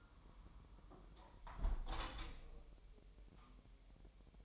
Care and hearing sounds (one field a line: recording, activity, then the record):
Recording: daily activity, microphone in the room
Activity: close window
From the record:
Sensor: 1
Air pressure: 1000.3 hPa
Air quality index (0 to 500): 247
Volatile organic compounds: 140 ppm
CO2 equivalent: 3976 ppm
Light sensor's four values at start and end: 11/27/11/11 and 10/25/10/11